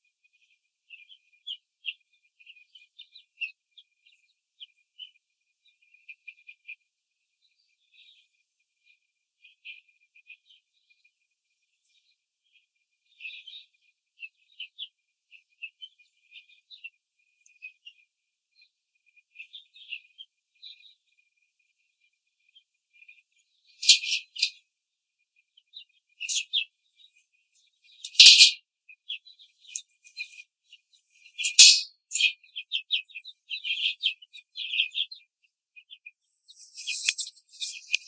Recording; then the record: young laying hens in a cage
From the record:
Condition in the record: control cage, after the stress test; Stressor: none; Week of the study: 4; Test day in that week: 3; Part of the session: 4